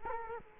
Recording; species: mosquito wingbeat signal from an infrared sensor; Culex quinquefasciatus